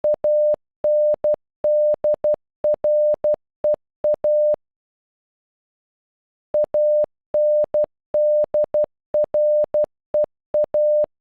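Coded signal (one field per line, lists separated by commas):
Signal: Morse code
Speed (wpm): 12 wpm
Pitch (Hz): 600 Hz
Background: none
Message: ANDREA ANDREA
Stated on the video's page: Morse for a name, sent at normal speed and at half speed, generated with an online Morse translator.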